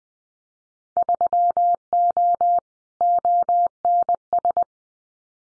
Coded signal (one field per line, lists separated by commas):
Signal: Morse code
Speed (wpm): 20 wpm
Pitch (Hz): 700 Hz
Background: none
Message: 3O ONS